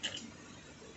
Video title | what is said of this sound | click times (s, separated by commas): Manufacturing the Flywheel for 3 Sisters Air Engine using the lathe | now wind back here's the click and then wind forward then | 0.1 s